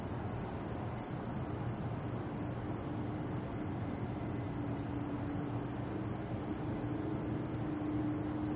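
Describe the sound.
Cricket chirps repeated steadily, several a second, bright and pulsed, over a constant low hum.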